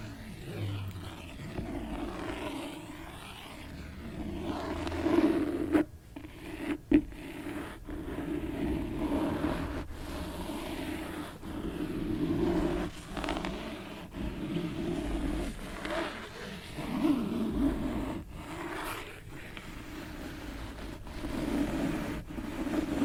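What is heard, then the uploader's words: Scratching on a book, a dense, continuous rasp that swells and eases in waves with a low, rough body. Sharp clicks and taps break through now and then, notably around five to seven seconds and again near eighteen and twenty-one seconds. ASMR book scratching.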